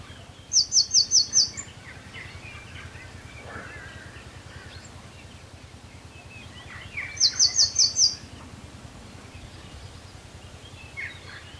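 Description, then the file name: Eurasian blue tit: two runs of five high, downslurred notes about seven seconds apart, over a steady background hiss. "Cyanistes caeruleus"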